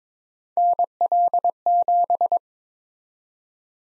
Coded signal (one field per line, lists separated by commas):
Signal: Morse code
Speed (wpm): 22 wpm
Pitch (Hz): 700 Hz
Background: none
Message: NL7